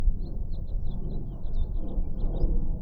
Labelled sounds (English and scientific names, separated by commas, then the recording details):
House Finch (Haemorhous mexicanus) song
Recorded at Atlantic Beach West on Long Island, New York, on 2 June 1975
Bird A